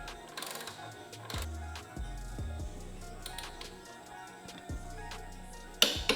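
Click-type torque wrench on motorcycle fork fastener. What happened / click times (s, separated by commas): The torque wrench clicked at its setting / 5.8 s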